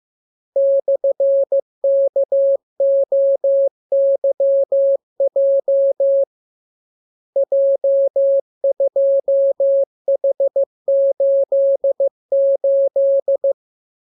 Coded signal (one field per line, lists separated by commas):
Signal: Morse code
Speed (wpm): 15 wpm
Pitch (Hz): 550 Hz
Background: none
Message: /KOYJ J2H88